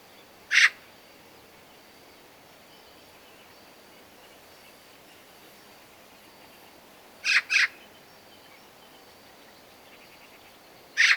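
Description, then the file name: Eurasian magpie uttering brief rasping calls, one near the start, a close pair around seven seconds and another at the end. "Pica pica"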